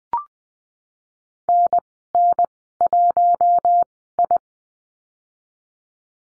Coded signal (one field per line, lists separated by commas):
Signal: Morse code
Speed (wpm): 20 wpm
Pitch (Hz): 700 Hz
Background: none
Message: NN1I